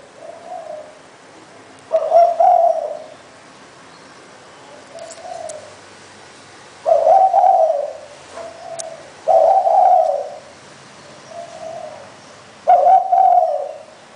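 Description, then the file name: Spotted dove giving loud two-part coos, with softer coos in between, against a quiet background. "นกเขาใหญ่"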